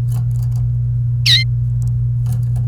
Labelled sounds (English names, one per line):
Domestic Canary song